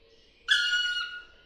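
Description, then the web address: Black woodpecker giving one drawn-out, plaintive call that starts abruptly, holds level with rich overtones for about half a second, then dips and fades; otherwise quiet. "pic noir. oiseaux de nos forets"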